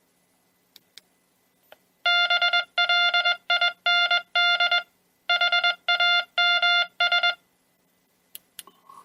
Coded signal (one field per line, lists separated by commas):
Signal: Morse code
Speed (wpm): 21 wpm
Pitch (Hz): 1400 Hz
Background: none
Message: BLIND HAMS